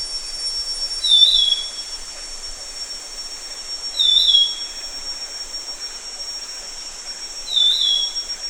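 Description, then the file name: Black-capped babbler giving a short, high whistled phrase with a slight wavering inflection, repeated about every three seconds over a steady high insect hiss. Recorded at Danum on 1 August 2009. "DANUM 20090801"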